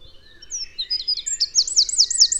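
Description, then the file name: Eurasian wren song building from soft twitters into a loud rhythmic sequence of rolling, looping high notes, with light background rumble. "Troglodytes troglodytes"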